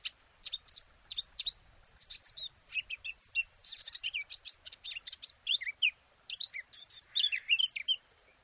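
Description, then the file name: Eurasian blackcap warbling: quick, scratchy notes mixed with bright whistles, delivered in steady bursts for about eight seconds. "Sylvia atricapilla"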